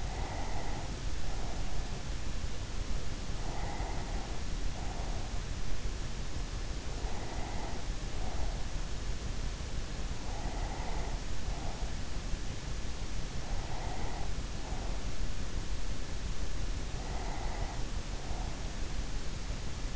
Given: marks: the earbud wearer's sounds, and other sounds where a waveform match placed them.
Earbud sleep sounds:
sounds in sleep by an in-ear microphone; breath
0.00-1.91 s: breath
3.20-5.57 s: breath
6.68-8.97 s: breath
10.00-12.08 s: breath
13.43-15.43 s: breath
16.77-18.88 s: breath

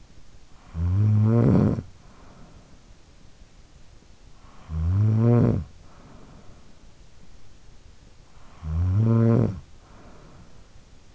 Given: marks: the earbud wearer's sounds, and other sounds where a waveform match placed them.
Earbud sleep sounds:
sounds in sleep by an in-ear microphone; snoring breath
0.00-3.02 s: snoring breath
4.12-7.22 s: snoring breath
7.90-11.15 s: snoring breath

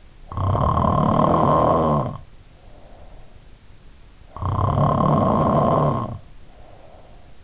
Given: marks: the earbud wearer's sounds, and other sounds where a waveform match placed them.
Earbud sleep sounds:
sounds in sleep by an in-ear microphone; snoring breath
0.36-3.44 s: snoring breath
4.19-7.44 s: snoring breath

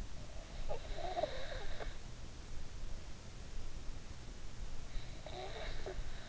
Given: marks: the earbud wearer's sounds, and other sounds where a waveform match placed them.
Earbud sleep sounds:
sounds in sleep by an in-ear microphone; breath
0.42-2.10 s: breath
5.00-6.29 s: breath

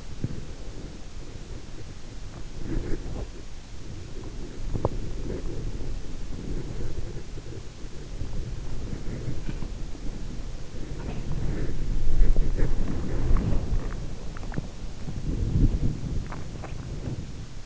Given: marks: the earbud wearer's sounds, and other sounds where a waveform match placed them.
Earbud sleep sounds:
sounds in sleep by an in-ear microphone; body movement, swallowing
0.00-17.66 s: body movement
9.21-9.97 s: sound from someone else or the room
10.70-11.46 s: sound from someone else or the room
16.19-16.86 s: swallowing

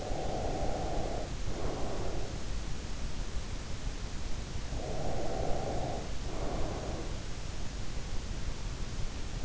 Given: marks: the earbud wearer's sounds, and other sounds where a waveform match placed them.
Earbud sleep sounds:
sounds in sleep by an in-ear microphone; breath
0.00-2.52 s: breath
4.59-7.24 s: breath

